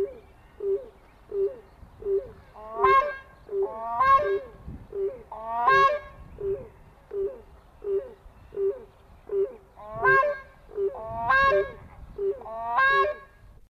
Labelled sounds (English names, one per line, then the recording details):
Black Crowned Crane call
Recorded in captivity
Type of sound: call
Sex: group
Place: Zoo Heidelberg, DE
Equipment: Halbspur, 9,5 cm/s
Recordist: Lütgens, Hans
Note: 4 Tiere abends, Zoo Heidelberg, März 1982